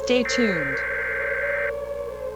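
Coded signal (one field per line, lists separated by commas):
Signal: Emergency Alert System (SAME) tones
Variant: header bursts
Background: speech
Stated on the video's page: Fictional analog horror production using valid EAS tones alongside sirens.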